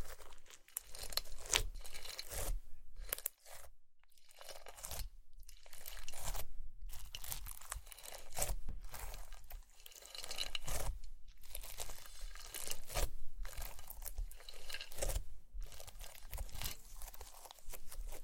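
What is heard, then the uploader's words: Slime being squished and pressed, dense crackling crunches and sticky pops, with brief silent gaps near 3.5, 5, 11, and 15 seconds. ASMR Slime - SO Satisfying - ( No Talking).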